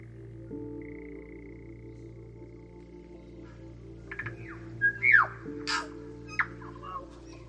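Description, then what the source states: Tui calls: a burst of varied notes, including a falling whistle, sharp clicks and a short buzzy note, over a steady low droning hum. Very common native bird of New Zealand, heard with cicadas in the background; evokes a Wellington summer and a kōwhai tree in a parents' garden.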